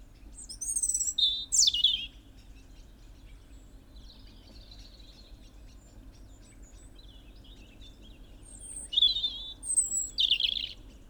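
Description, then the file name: European robin song: two bursts of high, thin, varied whistles and trills, sliding and warbling, separated by about seven seconds of quiet. "Erithacus rubecula"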